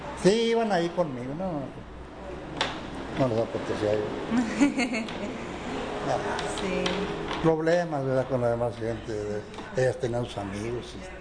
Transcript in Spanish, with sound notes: Sí iban ahí conmigo, no. No las apetecía yo, (risas)
Sí.
Problemas, ¿verdad? Con la demás gente, ¿ve? Ellas tenían sus amigos